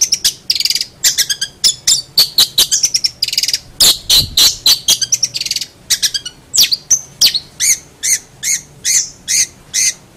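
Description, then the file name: Long-tailed shrike song: rapid series of sharp, high chirps and short buzzy notes, evenly spaced toward the end and roughly two per second. Master song used as a model for training songbirds. "cendet master. omkicau"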